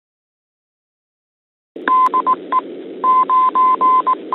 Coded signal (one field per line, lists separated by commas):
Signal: Morse code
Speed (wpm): 19 wpm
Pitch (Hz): 1030 Hz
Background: none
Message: DE 9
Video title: 04. 9H-HAM GlobalNet - Main topic - D-STAR [25 Mar 2021]